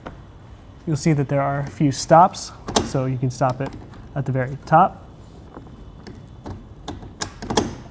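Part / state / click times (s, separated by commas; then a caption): ski carrier clamp arm ratchet into its locking stop / seated / 7.2 s, 7.6 s. A person talks as the ratcheting clamp arm of a roof ski carrier is closed down to its topmost stop. Sharp ratchet clicks sound at 7.2 s and 7.6 s as the arm engages and locks in place at that top position.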